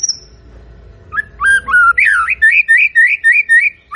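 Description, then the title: White-rumped shama giving clear whistled notes, then a rapid rhythmic series of repeated rising-falling whistled phrases, roughly four per second. Lure recording of a shama singing actively (gacor), meant to provoke an immediate response from other birds. "PANCINGAN MURAI BATU GACOR"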